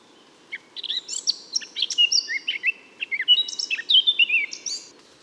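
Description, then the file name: Eurasian blackcap song, a long rapid warble of varied chirps, trills and short whistles with little pause. "Sylvia atricapilla"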